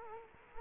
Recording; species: mosquito wingbeat signal from an infrared sensor; Culex quinquefasciatus